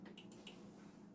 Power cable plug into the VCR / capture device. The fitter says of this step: there we go nice nice click